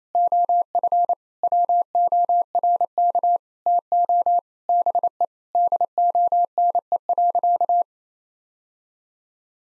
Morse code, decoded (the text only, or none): OF WORK TO BE DONE.